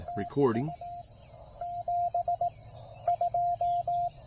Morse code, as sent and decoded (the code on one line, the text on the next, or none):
- ..- / -... / ..---
TU B 2